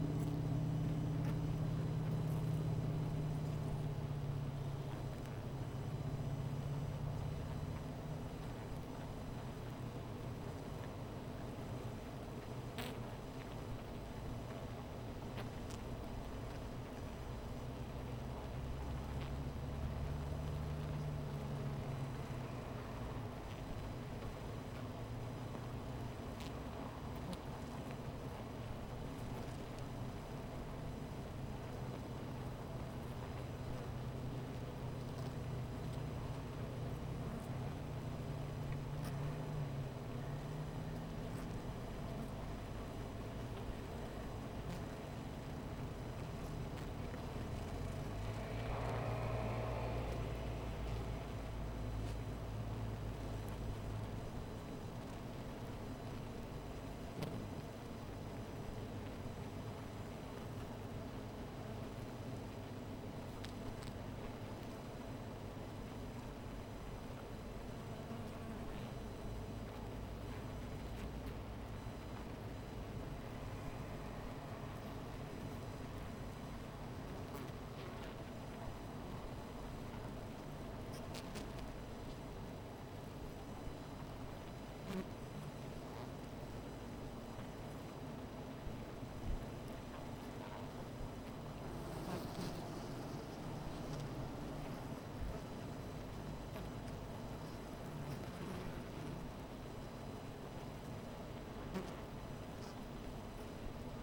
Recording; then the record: honeybee colony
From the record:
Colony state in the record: missing queen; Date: 14 July 2017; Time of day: 16:41